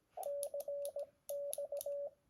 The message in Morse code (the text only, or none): CX